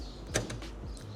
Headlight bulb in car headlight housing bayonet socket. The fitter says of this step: All we should have to do here is turn this counterclockwise. You'll hear it click.